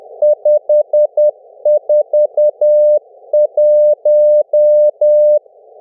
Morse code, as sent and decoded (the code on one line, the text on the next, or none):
..... ....- .----
541